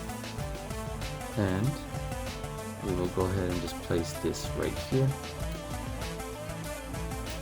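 A plastic wing accessory is being placed onto the back of an action figure while someone talks over steady background music. The wings are handled and positioned, but nothing has seated or clicked yet.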